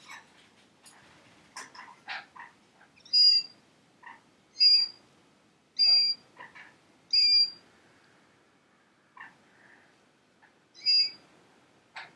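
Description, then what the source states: Red-tailed black cockatoo giving loud harsh harmonic calls, repeated about every one to two seconds with a longer pause before the last, with softer chirps and squeaks between them. Hand-tame, affectionate bird.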